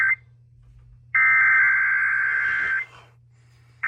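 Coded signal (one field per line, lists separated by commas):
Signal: Emergency Alert System (SAME) tones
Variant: header bursts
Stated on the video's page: Required Weekly Test alert tones relayed across NOAA weather radio stations and an AM broadcast station.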